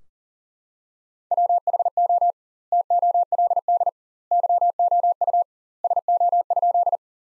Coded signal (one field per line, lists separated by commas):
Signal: Morse code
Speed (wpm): 40 wpm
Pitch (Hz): 700 Hz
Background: none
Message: WHO TOLD YOU SO?